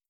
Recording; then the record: hydrophone in a shrimp aquaculture tank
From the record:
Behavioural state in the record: starved